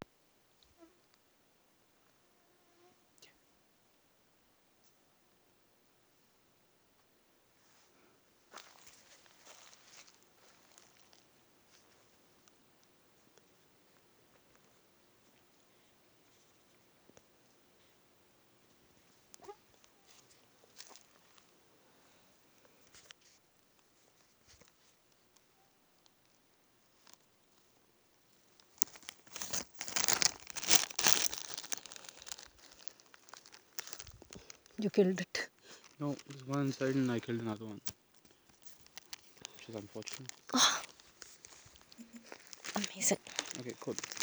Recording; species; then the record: mosquito flight sound by mobile phone; Aedes sierrensis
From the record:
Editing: field recording with all noises